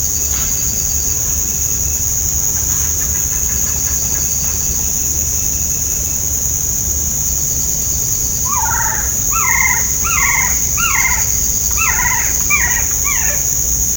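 Bird calls, a series of short bent notes repeated in quick clusters during the last five seconds, over a steady high hiss and low rumbling background noise.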